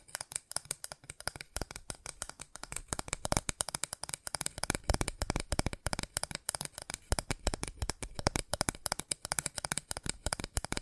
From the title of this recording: ASMR Fast Tapping